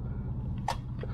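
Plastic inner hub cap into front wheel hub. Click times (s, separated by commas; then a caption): 0.7 s. A plastic inner hub cap is pressed into the centre of the front wheel hub on a three-wheeled Can-Am Ryker Rally motorcycle, over a steady low background hum. A faint tap at 0.6 s is followed by a sharp snap at 0.7 s and another soft tap at 1.0 s. The cap seats in the hub and holds tight.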